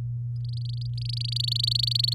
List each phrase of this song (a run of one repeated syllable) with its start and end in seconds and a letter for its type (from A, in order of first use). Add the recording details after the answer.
0.36-2.14 A. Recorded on 11 May 2018 at 05:48. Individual llb16